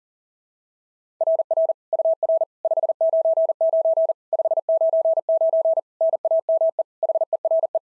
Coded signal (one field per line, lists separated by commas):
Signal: Morse code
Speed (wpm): 40 wpm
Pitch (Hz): 660 Hz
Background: none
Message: RR UR 599 599 NAME HERE